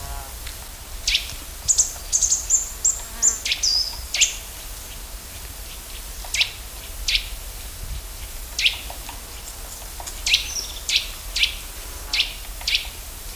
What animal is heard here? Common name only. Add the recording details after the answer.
Eurasian Nuthatch. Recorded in the wild. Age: adult. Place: Buckow, Märkische Schweiz, Brandenburg, DE. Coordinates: 52.5833, 14.0667. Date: 1999-09-17 13:08. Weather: sunny, 18°C. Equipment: Sony WM-D6C, Sennheiser ME 80, Kopie Uher 4000 Report Monitor. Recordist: Tembrock, Günter. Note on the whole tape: Rufreihen; Drachenkehle bei Buckow